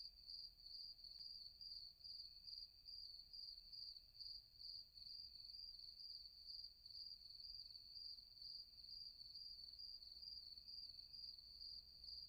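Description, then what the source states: Cricket chirps, a piercing steady pulsed trill continuing the whole time, with a soft rumble in the background. Several crickets.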